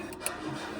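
A retaining clip is fitted onto a newly installed engine component during a Mercedes OM606 engine swap into a Land Rover Defender. A single short, sharp click sounds at 0.3 s over a steady low background noise, and the clip is seated.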